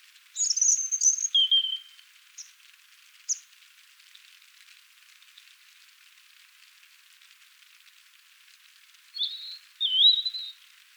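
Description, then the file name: European robin song: a high twittering phrase dropping into a lower whistle, a couple of isolated high notes, a pause, then another short warbled phrase. "Erithacus rubecula"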